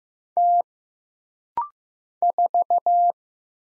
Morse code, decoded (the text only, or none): T 4